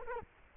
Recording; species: mosquito wingbeat signal from an infrared sensor; Culex quinquefasciatus